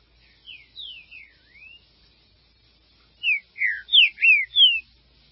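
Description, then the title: Green-winged saltator song: several quiet, sliding whistles, a brief pause, then five loud, ringing whistled slurs falling in pitch, delivered briskly one after another. "Trinca Ferro"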